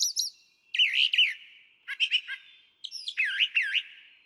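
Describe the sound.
Brown Thrasher song: several phrases of looping whistled slurs and rapid doubled chips, with a faint ringing tail after each.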